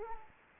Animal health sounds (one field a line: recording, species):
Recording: mosquito wingbeat signal from an infrared sensor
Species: Anopheles arabiensis